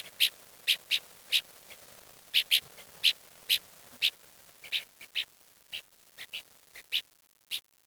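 Bird calls: quick, bright, clipped notes given in loose irregular runs, sometimes paired.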